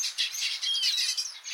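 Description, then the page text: Red-billed quelea flock chatter: a dense wall of high, overlapping chirps and squeaks from many birds, pulsing in loudness with brief thin whistles. Red-billed quelea in Africa; described as the world's most abundant wild bird, with an estimated population of 1.5 billion. "red-billed quelea, which live in Africa"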